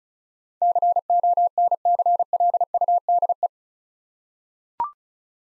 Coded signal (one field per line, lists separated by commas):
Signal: Morse code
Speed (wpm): 34 wpm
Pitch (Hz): 700 Hz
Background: none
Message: CONCLUDE